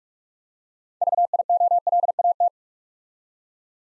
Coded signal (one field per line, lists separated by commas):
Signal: Morse code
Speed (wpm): 44 wpm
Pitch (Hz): 700 Hz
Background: none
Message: VIOLAT